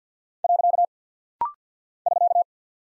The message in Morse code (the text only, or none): . <SK>